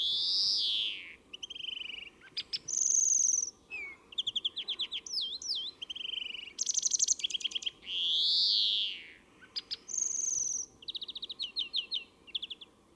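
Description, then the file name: European greenfinch in full song, mixing long arched wheezes with rapid twittering trills and sliding chirps, nearly continuous throughout. "Chloris chloris"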